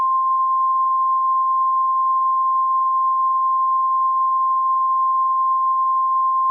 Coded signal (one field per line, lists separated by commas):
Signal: Emergency Alert System (SAME) tones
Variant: 1050 Hz attention tone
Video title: EAS Scenario: The Huge Hawaiian Tsunami